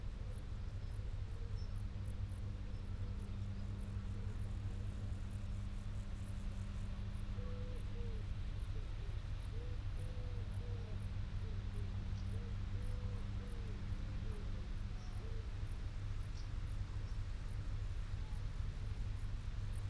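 Balmy country sounds: a steady low hum and rumble runs through the whole stretch, like an engine idling or a vehicle droning. Above it, faint chirps and small rising calls repeat irregularly in the middle range, with soft ticking insect-like clicks high up throughout.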